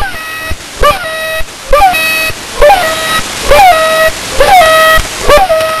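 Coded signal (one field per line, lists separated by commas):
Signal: channel marker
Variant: The Goose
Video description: The Goose is a new Russian channel marker, sort of a combination of The Pip and The Airhorn.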